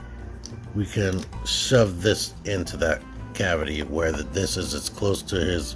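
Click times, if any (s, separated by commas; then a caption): 0.5 s. A plastic hinge in the body of a Transformers Kingdom WFC Commander Class Rodimus Prime transforming robot action figure is pushed down during transformation and gives a single sharp click at 0.5 s as it seats into place. Someone talks throughout the clip.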